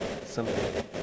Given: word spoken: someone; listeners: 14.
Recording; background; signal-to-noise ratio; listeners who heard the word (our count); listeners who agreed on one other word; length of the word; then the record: one English word in noise, from a listening test; noise modulated by three-talker babble; -4.4 dB; 0 of 14; 7 of 14; 0.63 s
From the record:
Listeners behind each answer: 7, 4, 3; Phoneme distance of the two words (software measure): 30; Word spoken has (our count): 2 syllables, 6 phonemes, stress on syllable 1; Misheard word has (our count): 2 syllables, 6 phonemes, stress on syllable 1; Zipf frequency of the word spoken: 5.50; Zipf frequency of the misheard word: 6.02